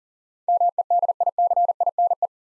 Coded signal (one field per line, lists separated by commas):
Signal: Morse code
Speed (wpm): 40 wpm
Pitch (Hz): 700 Hz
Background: none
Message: MEDICINE